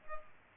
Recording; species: mosquito wingbeat signal from an infrared sensor; Culex pipiens